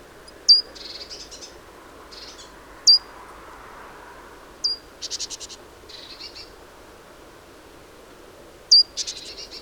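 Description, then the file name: Great tit calling with sharp high notes, each followed by a buzzy churr, given at irregular intervals against a soft background hiss. "Parus major"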